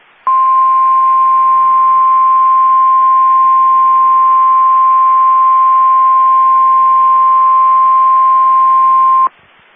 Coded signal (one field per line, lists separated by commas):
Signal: Emergency Alert System (SAME) tones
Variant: 1050 Hz attention tone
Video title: Two Severe Thunderstorm Warnings (EAS 1908 & 1909) 6/6/22